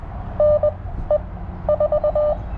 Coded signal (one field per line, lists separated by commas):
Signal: Morse code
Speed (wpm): 23 wpm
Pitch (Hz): 600 Hz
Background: none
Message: N E 4